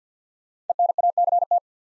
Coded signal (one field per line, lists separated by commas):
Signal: Morse code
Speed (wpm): 48 wpm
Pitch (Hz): 700 Hz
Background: none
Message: ENACT